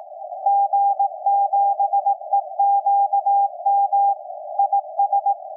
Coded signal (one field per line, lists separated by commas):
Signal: Morse code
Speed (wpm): 18 wpm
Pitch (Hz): 800 Hz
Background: none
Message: G7EQM IS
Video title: SDRplay RSPdx HDR mode on 160 meters SSB CW with MLA 30 Plus and W6LVP switching antenna